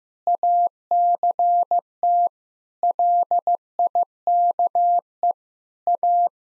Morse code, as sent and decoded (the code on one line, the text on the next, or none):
.- -.-. - / .-.. .. -.- . / .-
ACT LIKE A